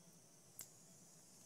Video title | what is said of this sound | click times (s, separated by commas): CPMC Interventional Endoscopy Services - Live webcast to Harbor UCLA OCT 28, 2016 | pulling back and waiting till it clicks it just clicked and you have to give it a second for | 0.6 s